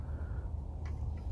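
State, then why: Not seated. A plastic insert is handled and pushed back toward its place in a soil blocker mold over a steady low rumble, with faint brief ticks around 0.9 and 1.2 seconds. The insert has not seated or clicked into place yet.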